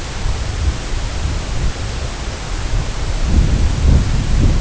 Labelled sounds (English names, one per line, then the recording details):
none
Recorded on Arctic tundra, site CORI-1, on 18 June 2018
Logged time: 04:00